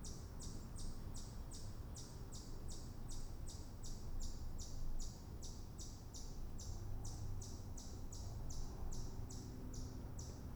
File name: Ext Amb Forest Late Fall Single Bird Tweet